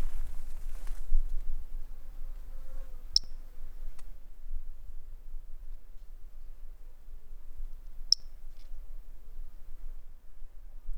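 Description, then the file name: Toadlet call: two brief, high, click-like notes about five seconds apart over a quiet, low background hum. A single individual, numbered 08, not collected, recorded on 10 March 2016. "Brachycephalus tridactylus individual 08 not collected by MR Bornschein 160310"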